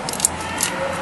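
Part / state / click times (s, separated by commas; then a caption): speed sensor wiring plug on transmission sensor / seated / 0.2 s. A plastic electrical plug on the wiring is pushed back onto the output shaft speed sensor of a Ford Expedition's transmission. Over a steady low background hum, it snaps home with a sharp click at 0.3 s, locking it in place.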